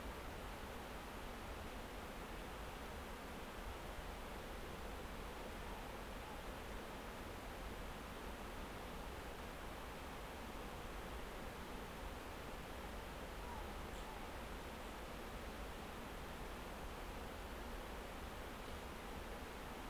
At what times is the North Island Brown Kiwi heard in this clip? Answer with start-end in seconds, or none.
none